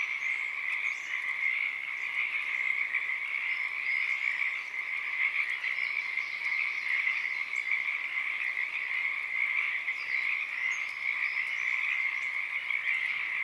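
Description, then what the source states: Pacific tree frog chorus, a steady, loud wall of overlapping creaky croaks that continues without pause throughout. Wild chorus starting and stopping, field recording, Oaks Bottom Wildlife Refuge, Portland, Oregon, USA, morning of Friday April 7 2023; calling uncommon at that time of day.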